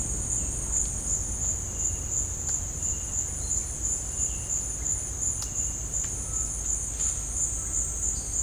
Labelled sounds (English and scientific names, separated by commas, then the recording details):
none
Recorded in dense forest near Puerto Asís, Putumayo, Colombia, on 20 December 2024 at 17:00
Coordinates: 0.481, -76.323
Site G100